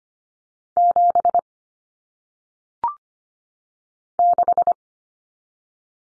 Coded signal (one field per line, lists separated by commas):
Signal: Morse code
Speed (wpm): 25 wpm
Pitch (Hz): 700 Hz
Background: none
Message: 7 6